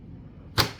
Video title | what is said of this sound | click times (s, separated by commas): Klein ModBox drawer boxes | Lock it like that. | 0.6 s